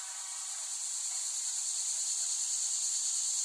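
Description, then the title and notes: Cicadas droning in an unbroken shrill buzz, a thick steady chorus that grows slightly louder over a few seconds. Cicadas recorded in West Brighton, Staten Island, late summer 2008. "Recording of cicadas made by Dan Bodah in West Brighton, Staten Island, late summer 2008."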